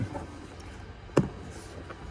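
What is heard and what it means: A tight-fitting door projection light is worked into the door trim housing. After a quiet stretch with faint low rumble, one sharp click sounds at 1.2 s as the light presses home and seats.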